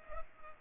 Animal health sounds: mosquito wingbeat signal from an infrared sensor; Culex pipiens

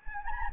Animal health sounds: mosquito wingbeat signal from an infrared sensor; Anopheles gambiae

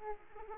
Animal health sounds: mosquito wingbeat signal from an infrared sensor; Aedes aegypti

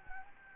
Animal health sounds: mosquito wingbeat signal from an infrared sensor; Anopheles gambiae

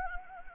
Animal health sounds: mosquito wingbeat signal from an infrared sensor; Anopheles gambiae

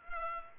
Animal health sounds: mosquito wingbeat signal from an infrared sensor; Culex pipiens

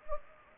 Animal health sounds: mosquito wingbeat signal from an infrared sensor; Anopheles gambiae

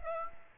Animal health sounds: mosquito wingbeat signal from an infrared sensor; Aedes aegypti

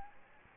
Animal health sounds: mosquito wingbeat signal from an infrared sensor; Aedes aegypti

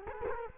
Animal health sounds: mosquito wingbeat signal from an infrared sensor; Culex quinquefasciatus

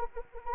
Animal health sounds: mosquito wingbeat signal from an infrared sensor; Anopheles arabiensis

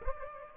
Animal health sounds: mosquito wingbeat signal from an infrared sensor; Aedes aegypti

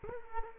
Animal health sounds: mosquito wingbeat signal from an infrared sensor; Culex quinquefasciatus

